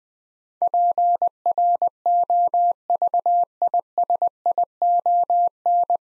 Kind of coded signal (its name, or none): Morse code